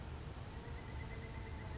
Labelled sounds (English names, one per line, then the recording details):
Pileated Woodpecker
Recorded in Sonoma County, California